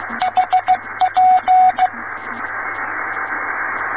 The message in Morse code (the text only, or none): HP